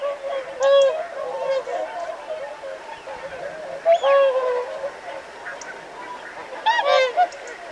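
Whooper swans giving a few loud, trumpeting honks several seconds apart, with softer overlapping calls from other swans in between.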